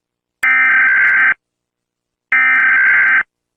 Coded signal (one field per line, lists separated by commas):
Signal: Emergency Alert System (SAME) tones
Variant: header bursts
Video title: Mr Increíble Afortunado/Perturbado (EAS ALARM...) Parte 10 | 10/15 - 🎊 Especial 300 Suscriptores 🎊